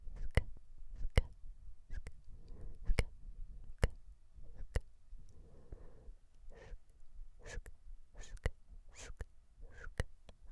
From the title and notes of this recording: ASMR MOUTH SOUNDS IN YOUR EARS.